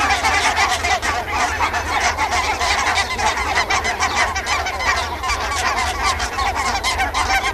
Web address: barnacle goose